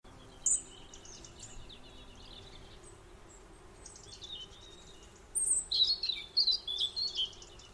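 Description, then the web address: Birds twittering with high, thin chirps, sparse at first, then a quick burst of rapid repeated notes near the end, over a faint steady background hum. "birds and wasps loop"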